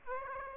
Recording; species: mosquito wingbeat signal from an infrared sensor; Aedes aegypti